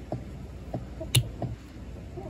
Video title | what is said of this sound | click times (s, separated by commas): Transformers Tuesday! Tarn! Blokees Wave 4, Figure Build 8 | yeah it was a double pop that time | 0.1 s, 1.2 s